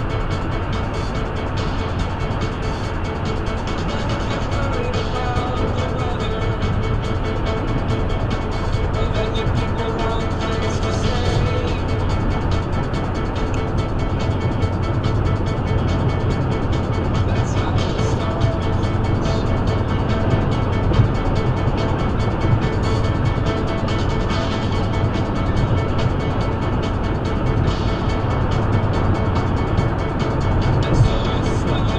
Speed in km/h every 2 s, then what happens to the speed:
124, 124, 122, 124, 126, 127, 127, 130, 129, 130, 132, 130, 129, 129, 129, 124.
0-32 steady at about 127.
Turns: none.